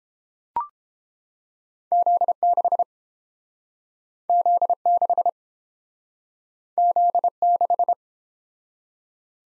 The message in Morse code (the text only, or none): Z6 Z6 Z6